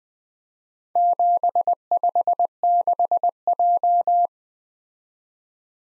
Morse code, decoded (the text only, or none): 756J